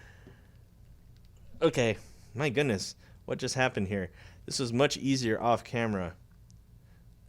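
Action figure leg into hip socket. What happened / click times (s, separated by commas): Handled, not yet home: the plastic leg has not snapped into its socket / none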